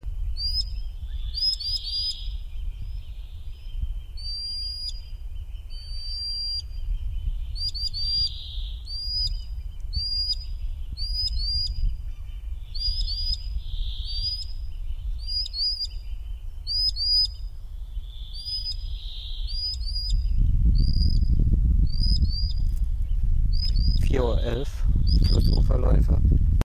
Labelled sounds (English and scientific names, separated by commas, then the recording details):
Common Sandpiper (Actitis hypoleucos) call, Brambling (Fringilla montifringilla), Eurasian Oystercatcher (Haematopus ostralegus)
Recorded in the wild
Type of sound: call
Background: Fringilla montifringilla, Haematopus ostralegus
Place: Halbinsel Kindo, Karelien, RU
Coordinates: 66.5367, 33.1508
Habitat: seashore
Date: 1990-07-03
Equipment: Uher 4000 Report Monitor, Sennheiser MKH 416 T
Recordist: Frommolt, Karl-Heinz
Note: Rufe